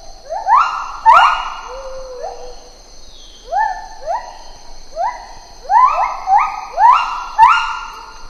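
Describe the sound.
Lar gibbon calls: clusters of upswept whoops held briefly, repeated in quick succession and overlapping near the end, above a constant high insect whine.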